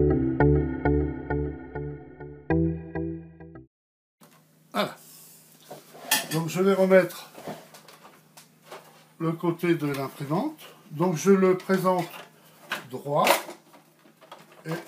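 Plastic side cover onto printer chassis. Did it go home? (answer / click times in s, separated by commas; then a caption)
no / none. Short music plays for the first 3.6 seconds, then someone talks while the plastic side cover of a Samsung Xpress C460W printer is picked up and held straight against the chassis during a fuser replacement. The cover is only being lined up before being pushed onto its clips, and nothing has clicked into place yet.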